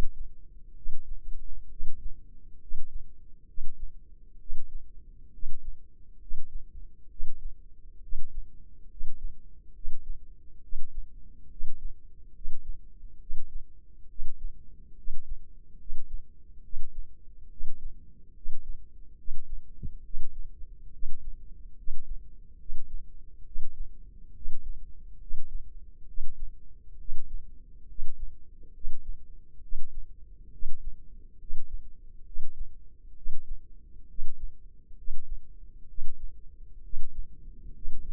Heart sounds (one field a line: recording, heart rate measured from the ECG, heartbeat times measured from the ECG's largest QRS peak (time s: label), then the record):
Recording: heart sounds by microphone in the left ear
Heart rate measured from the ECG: 68 bpm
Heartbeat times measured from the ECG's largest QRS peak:
0.76 s: heartbeat
1.70 s: heartbeat
2.61 s: heartbeat
3.47 s: heartbeat
4.39 s: heartbeat
5.33 s: heartbeat
6.20 s: heartbeat
7.10 s: heartbeat
8.02 s: heartbeat
8.90 s: heartbeat
9.74 s: heartbeat
10.62 s: heartbeat
11.50 s: heartbeat
12.34 s: heartbeat
13.20 s: heartbeat
14.09 s: heartbeat
14.97 s: heartbeat
15.79 s: heartbeat
16.63 s: heartbeat
17.50 s: heartbeat
18.35 s: heartbeat
19.18 s: heartbeat
20.04 s: heartbeat
20.92 s: heartbeat
21.77 s: heartbeat
22.59 s: heartbeat
23.45 s: heartbeat
24.35 s: heartbeat
25.20 s: heartbeat
26.07 s: heartbeat
26.99 s: heartbeat
27.88 s: heartbeat
28.74 s: heartbeat
29.62 s: heartbeat
30.52 s: heartbeat
31.39 s: heartbeat
32.25 s: heartbeat
33.16 s: heartbeat
34.08 s: heartbeat
34.97 s: heartbeat
35.88 s: heartbeat
36.83 s: heartbeat
37.74 s: heartbeat
From the record:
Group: healthy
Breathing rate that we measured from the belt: 19 breaths a minute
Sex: male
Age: 30 years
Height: 188 cm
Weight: 110.2 kg